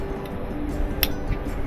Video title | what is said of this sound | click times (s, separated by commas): Washer Won’t Spin But Agitates? Easy Transmission Fix | and it snaps into place and then all you have to do is drop your | 1.0 s